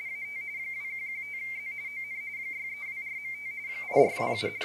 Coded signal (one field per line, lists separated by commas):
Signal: RTTY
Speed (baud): 45.45 baud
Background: speech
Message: AT 2115Z ON 6324.5 8427